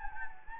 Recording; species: mosquito wingbeat signal from an infrared sensor; Anopheles gambiae